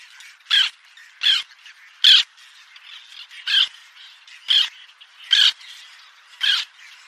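Bird uttering seven harsh, grating squawks in short bursts.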